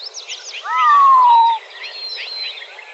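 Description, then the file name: Montezuma quail giving a single long, descending whistle, set against thin chirps and twitters from other birds. Recorded in Arizona on 17 May 2004. "MONTEQUAIL 1 deviche"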